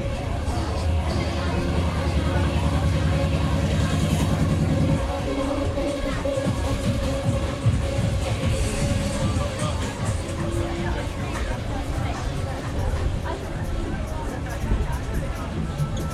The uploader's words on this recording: Camden Market is a very noisy place. London Soundscape.